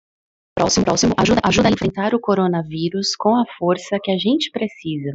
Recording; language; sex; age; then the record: spoken sentence; Brazilian Portuguese; female; 30 to 39 years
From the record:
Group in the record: control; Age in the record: 39 years